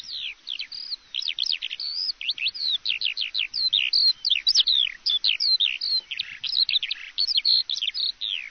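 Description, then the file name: Eurasian skylark singing a long, breathless babble of high twittering notes, quick slurs and trills packed densely together with no real breaks. "Alouette des champs"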